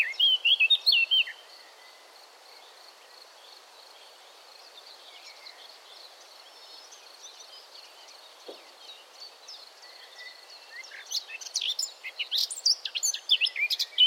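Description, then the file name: Eurasian blackcap song in two bursts, a short fluty phrase at the start and a scratchy, rapid warble near the end, with a quiet stretch and steady high hum between. "Sylvia atricapilla"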